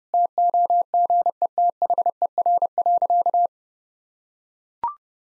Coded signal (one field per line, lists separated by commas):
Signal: Morse code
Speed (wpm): 30 wpm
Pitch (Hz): 700 Hz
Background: none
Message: TOGETHER.